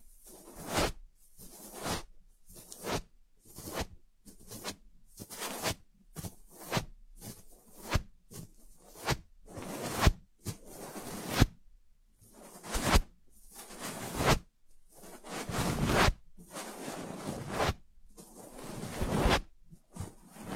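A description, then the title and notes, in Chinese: An ear massage: short bursts of rubbing and scraping, about one per second, each separated by near silence. The strokes are dry, rough and bright. From the middle onward they grow longer, louder and fuller, with a few deeper thumping rubs. 按摩耳朵，一些让人放松的声音。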